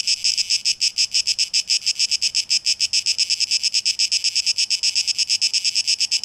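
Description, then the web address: Cicada song, a high, harsh buzz broken into rapid pulses, steady throughout. Cicadas, 12 August 2023, tape echo mix. "rauschpartikel 2023-08-12 Zikaden"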